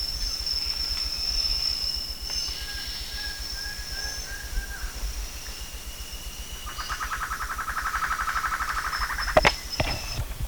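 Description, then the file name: Bird with thin high whistles and short flat notes, followed by a long rapid pulsed trill near the end and two sharp clicks. "SABIOD 50 bird 2015"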